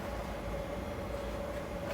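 The second (rear) battery pack of a Lenovo ThinkPad X240 is lined up and inserted into the laptop's battery bay after its screws have been tightened. A steady hiss is heard with a faint constant tone near 600 Hz and a slight rise in level at the very end. Nothing has seated or clicked yet, and the battery is not yet locked.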